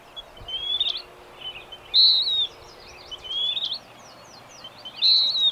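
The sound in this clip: Bird giving repeated high whistled phrases, two louder ones standing out, softer phrases between, over a soft continuous hiss.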